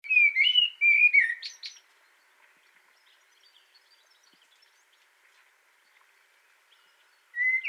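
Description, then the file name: Common blackbird song: two low fluted whistled phrases with a brief high twitter, a long quiet pause, then another mellow phrase begins at the end. "Turdus merula"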